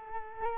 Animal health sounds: mosquito wingbeat signal from an infrared sensor; Culex quinquefasciatus

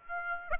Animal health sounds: mosquito wingbeat signal from an infrared sensor; Aedes aegypti

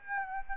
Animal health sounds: mosquito wingbeat signal from an infrared sensor; Aedes aegypti

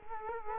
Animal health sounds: mosquito wingbeat signal from an infrared sensor; Culex quinquefasciatus

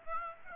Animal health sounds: mosquito wingbeat signal from an infrared sensor; Aedes aegypti

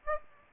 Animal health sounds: mosquito wingbeat signal from an infrared sensor; Aedes aegypti

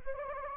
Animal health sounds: mosquito wingbeat signal from an infrared sensor; Anopheles gambiae

